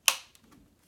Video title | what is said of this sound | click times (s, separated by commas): Unboxing APOSEN Handheld Cordless Vacuum 18Kpa | Nice positive click. | 0.1 s